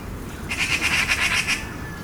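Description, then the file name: Eurasian magpie chattering: a harsh, rapid rattle of several dry, scratchy notes lasting about a second. "Pica pica"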